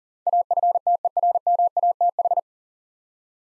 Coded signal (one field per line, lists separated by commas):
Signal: Morse code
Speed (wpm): 42 wpm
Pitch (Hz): 700 Hz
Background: none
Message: AFTERMATH